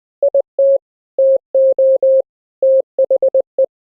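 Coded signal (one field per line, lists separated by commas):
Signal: Morse code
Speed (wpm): 19 wpm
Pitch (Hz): 600 Hz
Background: none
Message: IT TO THE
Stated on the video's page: Morse audio sent over the internet via the AMR-NB codec at 12.2 kbps, with CW regeneration by a software sine oscillator applied to received audio.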